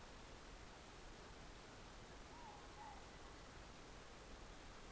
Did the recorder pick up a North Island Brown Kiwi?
no